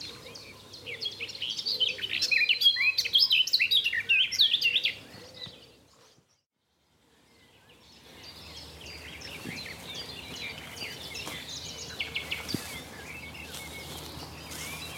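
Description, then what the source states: Common Nightingale song, rich varied high phrases of whistles, chirps and rapid notes, breaking off into a brief silence before resuming more faintly amid soft background noise. Male singing buried in dense cover on a common and woodland in Dorset, Britain, at dawn; recordist creeping close without disturbing him.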